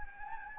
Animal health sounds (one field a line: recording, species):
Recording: mosquito wingbeat signal from an infrared sensor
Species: Anopheles gambiae